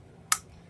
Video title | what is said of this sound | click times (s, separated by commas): Fixin Shit For Profit Ep31 (140cc Briggs and Stratton) | And you'll hear it click. That means it's seated correctly. | 0.3 s